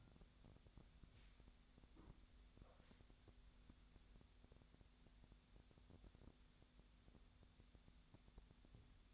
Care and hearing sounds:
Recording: daily activity, microphone in the room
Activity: wipe stove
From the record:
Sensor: 3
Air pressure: 1007.0 hPa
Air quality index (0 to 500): 204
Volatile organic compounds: 18 ppm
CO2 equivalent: 2612 ppm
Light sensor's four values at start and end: 11/27/11/11 and 11/27/11/11

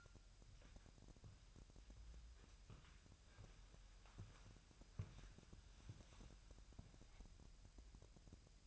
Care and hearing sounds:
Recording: daily activity, microphone in the room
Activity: walk to room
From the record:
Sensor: 2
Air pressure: 1001.9 hPa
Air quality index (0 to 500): 249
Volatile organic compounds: 37 ppm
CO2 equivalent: 3098 ppm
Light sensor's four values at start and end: 5/12/5/5 and 3/8/3/3

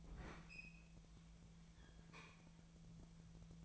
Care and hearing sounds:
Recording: daily activity, microphone in the room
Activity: open fridge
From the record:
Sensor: 1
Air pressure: 1009.8 hPa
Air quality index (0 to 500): 190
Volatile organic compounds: 18 ppm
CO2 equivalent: 2610 ppm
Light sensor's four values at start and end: 33/85/36/43 and 33/85/35/43

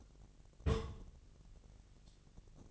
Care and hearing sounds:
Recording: daily activity, microphone in the room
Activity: place on stove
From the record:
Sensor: 4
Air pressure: 1000.1 hPa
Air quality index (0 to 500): 232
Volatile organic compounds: 32 ppm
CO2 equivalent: 2995 ppm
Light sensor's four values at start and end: 9/20/8/8 and 9/20/8/8

